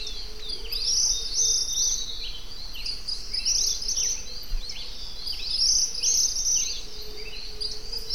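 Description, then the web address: Suiriri flycatcher delivering quick, downslurred chattering phrases in short clusters, backed by a continuous high-pitched insect hum. "cantos suirireal"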